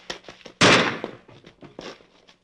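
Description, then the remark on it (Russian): A single loud gunshot, fired into a man's back aboard a ship, cracks out sharply and rings off in a short decaying tail, surrounded by quieter scattered pops and clatter before and after. “Но Зиблинг заметил, что Мэрил был не настолько озабочен общей опасностью, чтобы не выстрелить Прадеру в спину.”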